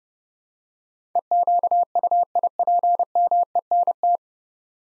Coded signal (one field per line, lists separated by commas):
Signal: Morse code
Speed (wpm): 30 wpm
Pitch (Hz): 700 Hz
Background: none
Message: EQUIPMENT